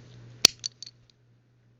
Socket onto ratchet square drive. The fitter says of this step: into place holds on pretty good it's